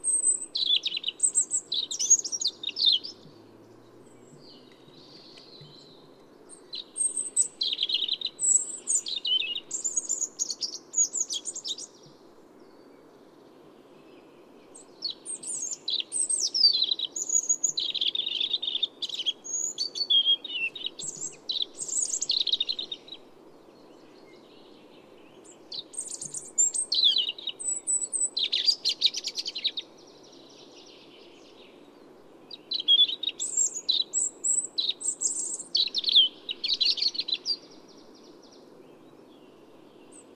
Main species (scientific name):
Erithacus rubecula